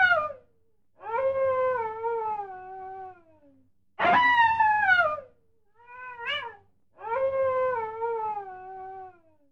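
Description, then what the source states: Coyote pup giving several drawn-out, falling wails, with one brief, sharply rising and dropping yelp between them. A coyote puppy howling.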